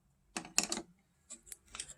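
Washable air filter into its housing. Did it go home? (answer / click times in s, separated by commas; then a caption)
yes / 0.6 s. A washable air filter with a plastic frame and mesh is set back onto its housing after cleaning and pressed home. A cluster of sharp plastic clicks and rattles sounds around 0.4–0.8 seconds, and the filter snaps into place at 0.6 seconds. A few lighter ticks follow near 1.3–1.8 seconds.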